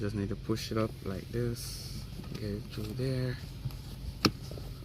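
Someone talks while the new sun visor's mounting clip on a Toyota Camry is pushed up through the headliner opening toward the car roof headliner bracket. Near the end, brief sharp taps sound at about 4.3 s and 4.9 s. The clip is still being handled and has not yet rotated to lock into place, so nothing has seated or clicked yet.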